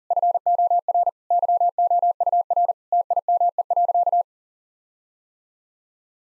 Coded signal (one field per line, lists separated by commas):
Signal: Morse code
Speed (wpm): 40 wpm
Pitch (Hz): 700 Hz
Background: none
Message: FOR YOUR TIME.